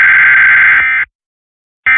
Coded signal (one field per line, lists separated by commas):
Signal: Emergency Alert System (SAME) tones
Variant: end-of-message bursts